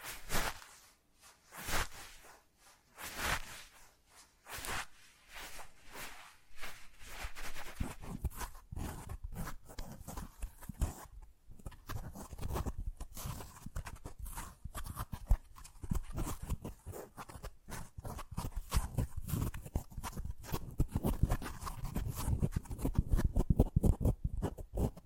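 Fast, unpredictable ASMR triggers: slow bright swishes early, then dense rapid tapping and crunching clicks that quicken and deepen toward the end.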